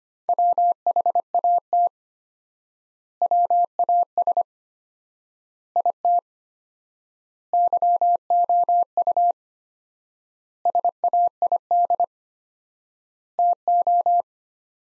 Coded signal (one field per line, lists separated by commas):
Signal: Morse code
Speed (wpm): 25 wpm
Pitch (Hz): 700 Hz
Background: none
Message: WHAT WAS IT YOU SAID TO